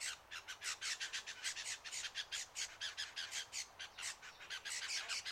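Lewin's honeyeater giving distress calls, rapid repeated grating squawks in quick succession, harsh and noisy.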